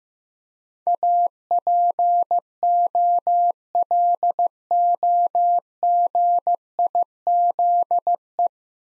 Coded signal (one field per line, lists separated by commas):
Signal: Morse code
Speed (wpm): 15 wpm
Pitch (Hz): 700 Hz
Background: none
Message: APOLOGIZE